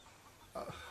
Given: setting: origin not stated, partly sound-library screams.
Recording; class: one-second piece from a danger detection set; normal situation